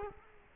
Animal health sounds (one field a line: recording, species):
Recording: mosquito wingbeat signal from an infrared sensor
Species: Culex quinquefasciatus